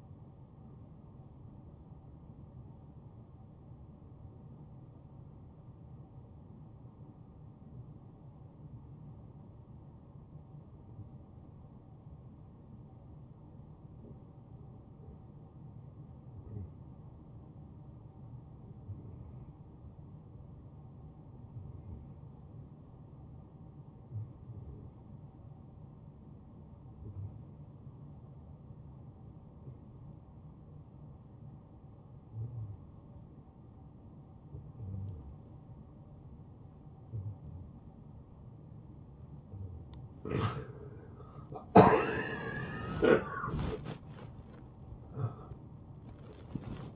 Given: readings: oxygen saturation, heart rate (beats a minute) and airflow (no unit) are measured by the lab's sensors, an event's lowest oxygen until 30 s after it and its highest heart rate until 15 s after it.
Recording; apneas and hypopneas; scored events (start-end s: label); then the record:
breathing in sleep by a smartphone at the bedside; 1
3.00-40.40 s: obstructive apnea (N1, oxygen 96% highest, then 87% lowest, heart rate 75 at the start, 91 highest)
From the record:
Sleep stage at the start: N1 (lightest sleep); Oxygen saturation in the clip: 91 to 96%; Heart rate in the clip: 70 to 78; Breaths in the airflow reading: 3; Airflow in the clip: -4.7 to 7.2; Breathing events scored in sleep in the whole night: 263 in 5.5 hours asleep